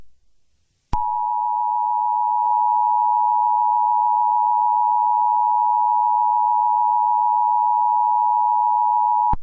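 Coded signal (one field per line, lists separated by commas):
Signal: Emergency Alert System (SAME) tones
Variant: 853 and 960 Hz attention tone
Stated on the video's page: Fictional EAS scenario; simulated.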